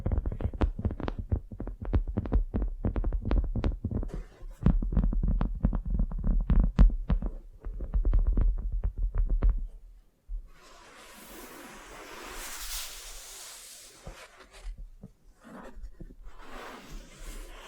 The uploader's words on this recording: ASMR Tingly Wax Facial Spa Treatment for Sleep (No Talking).